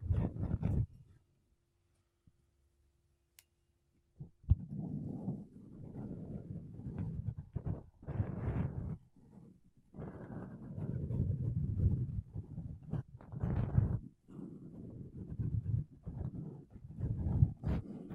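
Makeup brushes and a sponge rub across a microphone in soft, scratchy bursts of low rustling. After a near-silent pause with a faint steady hum in the first four seconds, dense brushing strokes continue with brief gaps, some strokes briefly brighter and sharper.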